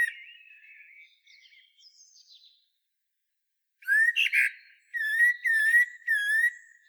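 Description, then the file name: Common blackbird song: a soft twittering end of a phrase, a pause, then a burst of rich whistles and three evenly spaced slurred fluty notes. "Turdus merula"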